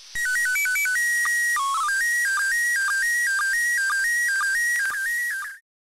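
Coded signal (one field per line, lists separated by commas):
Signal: SSTV (slow-scan television)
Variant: PD120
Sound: warbling electronic tone shifting between pitches, with a rhythmic low blip about twice a second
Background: FM radio hiss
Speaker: and if you haven't heard what sstv sounds like when it's being transmitted this is what it sounds like well at least for pd120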